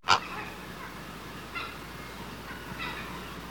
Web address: grt blue heron notes from birds in nest